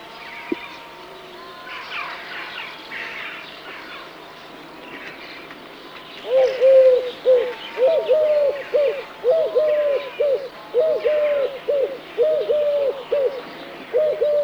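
Eurasian collared dove giving a rhythmic three-note coo, repeated several times after a quiet start.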